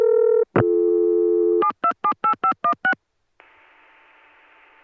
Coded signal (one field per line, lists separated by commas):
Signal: DTMF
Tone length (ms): 80 ms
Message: 7278516